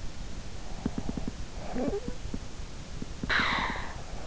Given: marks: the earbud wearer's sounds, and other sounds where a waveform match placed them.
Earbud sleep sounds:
sounds in sleep by an in-ear microphone; snoring breath
1.00-4.08 s: snoring breath

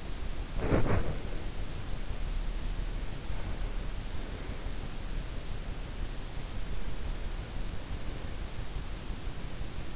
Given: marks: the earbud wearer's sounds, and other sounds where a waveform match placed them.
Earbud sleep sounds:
sounds in sleep by an in-ear microphone; body movement
0.00-2.19 s: body movement

